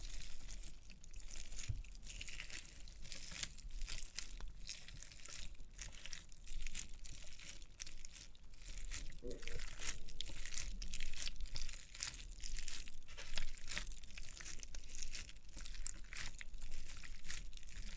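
Experimental triggers made with test tubes: a dense run of crisp crinkling and scratchy rustles that fills the whole 18 seconds. Bright, hissy bursts repeat every half second or so at a fairly even pace, with a faint low rumble underneath.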